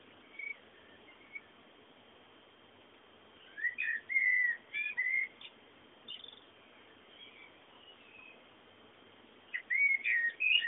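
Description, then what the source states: Birds chirp sporadically, with a cluster of whistled, sliding notes midway and another lively burst at the close. Background bird sounds.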